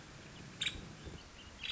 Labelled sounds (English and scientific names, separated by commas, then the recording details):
Nuttall's Woodpecker (Dryobates nuttallii)
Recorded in Sonoma County, California